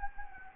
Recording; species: mosquito wingbeat signal from an infrared sensor; Anopheles gambiae